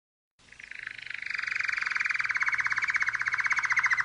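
Canary song: a fast buzzy roll of evenly repeated notes that starts soft, grows louder and then holds steady to the end.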